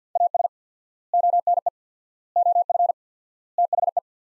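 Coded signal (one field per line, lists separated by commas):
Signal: Morse code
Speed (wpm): 50 wpm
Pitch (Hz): 700 Hz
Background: none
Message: AS ONE OF THE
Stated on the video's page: Drill of sets of 4 words at 50 wpm with 4x word spacing, Farnsworth-like; each set sent, spoken, sent again.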